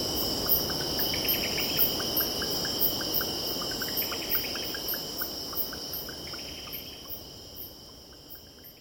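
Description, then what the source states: Steady high cicada stridulation with rapid ticking pulses and bird chirps, over a soft low rushing background that fades toward the end. Cicadas stridulating with birds calling and distant ocean in background.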